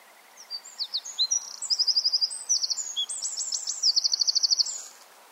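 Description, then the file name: Eurasian wren song: high chips speeding into buzzing trills and rattles, one continuous burst of about four seconds over a faint hiss. "Troglodytes troglodytes"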